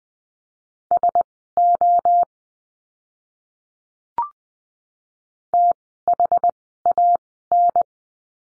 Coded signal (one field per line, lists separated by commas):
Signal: Morse code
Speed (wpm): 20 wpm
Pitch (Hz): 700 Hz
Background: none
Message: SO THAN